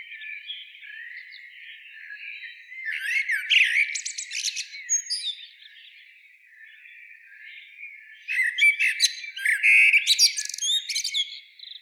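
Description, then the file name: Common blackbird singing low mellow warbled phrases followed by high squeaky twittering flourishes, two bursts of song separated by a quieter stretch. "Turdus merula"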